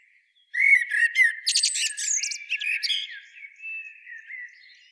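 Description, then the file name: Eurasian blackbird: after a short silence, a mellow low warble is overlaid by squeaky high twitters, then tails off into quiet warbling. "Turdus merula"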